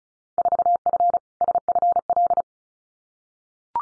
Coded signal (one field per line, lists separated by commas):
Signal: Morse code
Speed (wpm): 34 wpm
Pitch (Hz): 700 Hz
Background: none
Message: 4F SFL